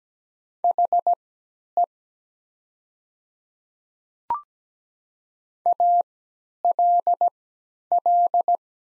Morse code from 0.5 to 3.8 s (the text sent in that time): HE